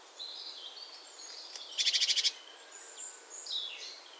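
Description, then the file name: Great tit call: one short, harsh, stuttering churr of about six quick pulses, surrounded by faint high twittering from other small birds. "Parus major"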